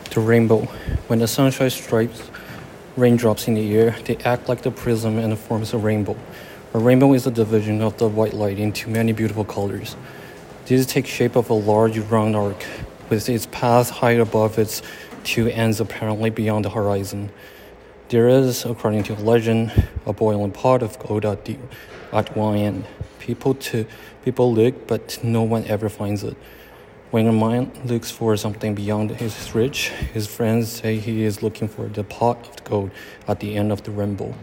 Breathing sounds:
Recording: reading aloud after running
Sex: male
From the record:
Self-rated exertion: light exertion (2 of 6)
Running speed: 5 miles an hour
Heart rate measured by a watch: 113 beats a minute at the start, 121 at the end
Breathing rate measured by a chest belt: 10 breaths a minute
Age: 23 years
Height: 183 cm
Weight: 76 kg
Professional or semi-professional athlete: no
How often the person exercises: 1 to 2 times a week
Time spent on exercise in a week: 1 to 2 hours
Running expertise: no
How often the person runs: under once a week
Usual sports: tennis

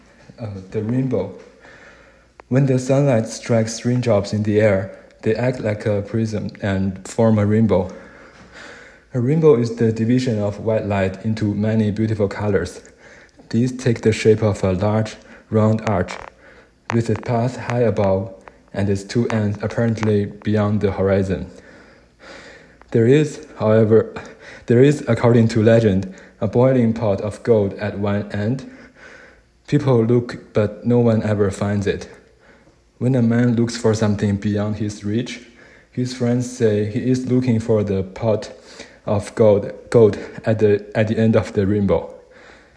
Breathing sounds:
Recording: reading aloud after running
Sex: male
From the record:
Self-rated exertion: vigorous exertion (4 of 6)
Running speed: 7 miles an hour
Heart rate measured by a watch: 158 beats a minute at the start, 142 at the end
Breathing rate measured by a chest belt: 16 breaths a minute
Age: 31 years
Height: 178 cm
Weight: 72 kg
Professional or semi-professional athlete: no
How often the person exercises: 3 to 5 times a week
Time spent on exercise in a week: 2 to 3 hours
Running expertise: yes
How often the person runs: 3 to 5 times a week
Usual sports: running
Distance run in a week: 5 km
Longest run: 10 km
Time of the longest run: 65 minutes

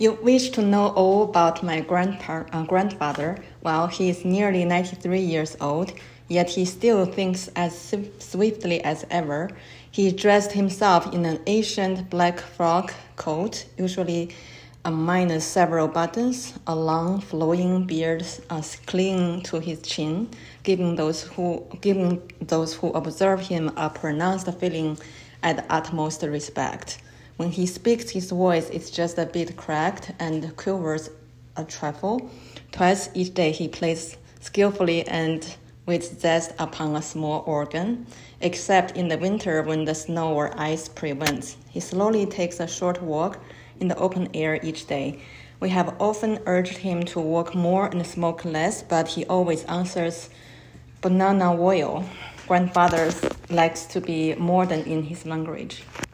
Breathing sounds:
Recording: reading aloud after running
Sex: female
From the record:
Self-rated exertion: light exertion (2 of 6)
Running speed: 6 miles an hour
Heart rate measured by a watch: 87 beats a minute at the start, 84 at the end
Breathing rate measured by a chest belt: 11 breaths a minute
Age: 51 years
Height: 165 cm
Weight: 51 kg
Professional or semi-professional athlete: no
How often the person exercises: 3 to 5 times a week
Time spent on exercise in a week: 3 to 4 hours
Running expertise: no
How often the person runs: 3 to 5 times a week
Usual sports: running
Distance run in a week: 25 miles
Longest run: 50 km

